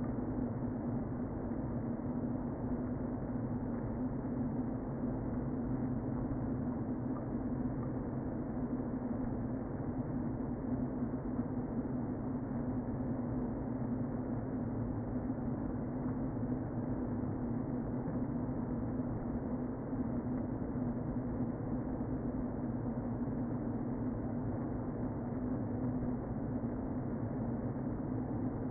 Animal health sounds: honeybee colony, microphone inside the hive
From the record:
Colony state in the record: queen present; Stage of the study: before two queens were removed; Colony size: about 60,000 bees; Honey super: yes

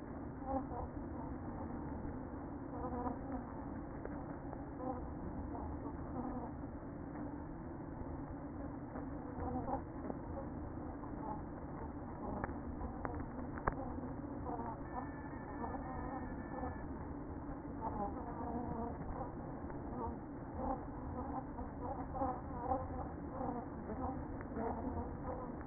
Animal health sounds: honeybee colony, microphone inside the hive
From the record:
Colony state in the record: queen present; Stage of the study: after two queens were removed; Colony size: about 60,000 bees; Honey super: yes

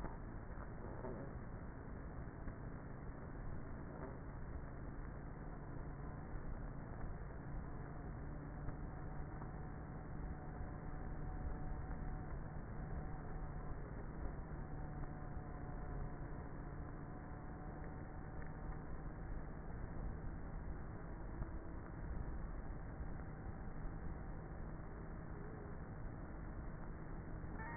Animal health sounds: honeybee colony, microphone inside the hive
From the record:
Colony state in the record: queenless with a low population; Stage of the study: before two queens were removed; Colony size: about 30,000 bees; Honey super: no

